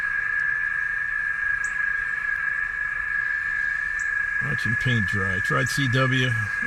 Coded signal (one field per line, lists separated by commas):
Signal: FT8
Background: speech